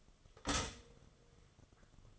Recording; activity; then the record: daily activity, microphone in the room; stop toaster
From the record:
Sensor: 4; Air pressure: 1015.5 hPa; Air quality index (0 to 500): 195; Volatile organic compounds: 9 ppm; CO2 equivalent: 2182 ppm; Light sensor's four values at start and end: 4/9/3/3 and 4/9/3/3